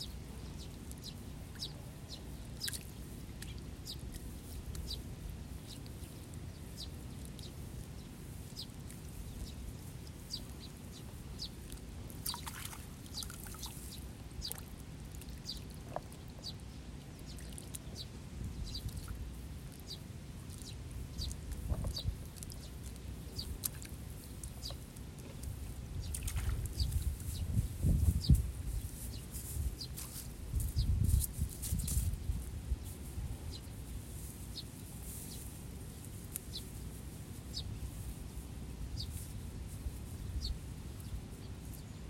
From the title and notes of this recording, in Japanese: 水苗代でイネの苗取り。昔ながらの方法で、田んぼに直接籾種をまいて育てる「水苗代」から、育った苗を１本１本抜いてワラでまとめて束にしていきます。